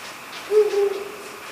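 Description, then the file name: Ural owl giving one low, slightly wavering hoot that tapers away, with light hiss around it. "fukuro"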